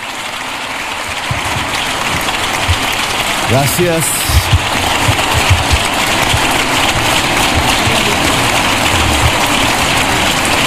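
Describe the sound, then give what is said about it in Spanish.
Long, sustained applause from deputies of the Partido Socialista, Podemos and other parties fills the Congress chamber in an ovation for Gustavo Petro, a dense steady wash of many hands clapping at an even level throughout, with a voice briefly speaking over it partway through. “Aplauso largo también a Gustavo Petro.”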